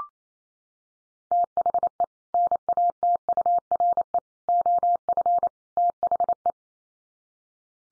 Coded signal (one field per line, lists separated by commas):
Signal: Morse code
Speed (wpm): 28 wpm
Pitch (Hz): 700 Hz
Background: none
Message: THE NATURE OF THE